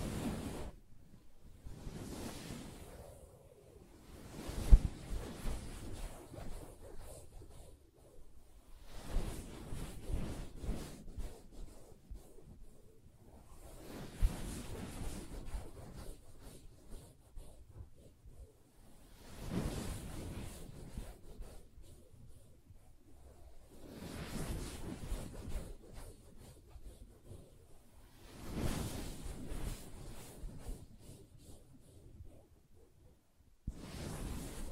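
Soft tapping and scratching on a fabric surface come in bursts every four to five seconds, each a dense cluster of muffled, rustling strokes with a hissy top. Quiet gaps fall between bursts, and a sharper tap stands out near five seconds.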